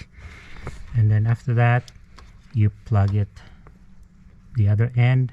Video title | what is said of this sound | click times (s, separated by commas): Tesevo Smart Buttons Console for Tesla Model 3/Y. | until you hear a click | 0.7 s